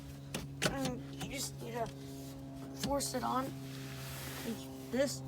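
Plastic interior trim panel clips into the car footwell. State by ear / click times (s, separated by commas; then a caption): not seated / none. After the cabin air filter is replaced on a Tesla Model X, a plastic interior trim panel is forced back into place in the footwell while someone talks. Brief handling knocks near 0.4 s and 0.7 s are heard over a steady low hum. Nothing has seated or clicked yet.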